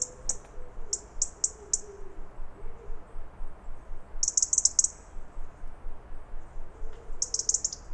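European robin making rapid strings of high, thin alarm notes, several in quick succession, with faint low warbling sounds and a pulsing background hum.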